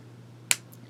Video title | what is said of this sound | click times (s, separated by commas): Schneider Pen Reviews | that nice click to it when you put your cap back on so you know it's on there securely | 0.5 s